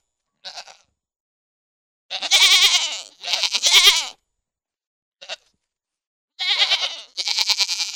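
Goat bleats: a run of loud, quavering, vibrato-rich cries lasting about a second each, mixed with two short clipped calls.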